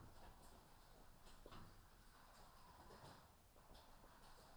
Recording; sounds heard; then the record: poultry house recording; healthy chickens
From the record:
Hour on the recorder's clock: 14